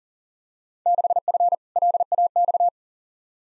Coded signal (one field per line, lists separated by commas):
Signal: Morse code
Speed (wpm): 40 wpm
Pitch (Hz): 700 Hz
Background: none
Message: 6F LAX